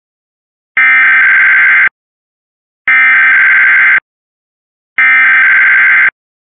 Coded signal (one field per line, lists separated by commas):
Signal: Emergency Alert System (SAME) tones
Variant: header bursts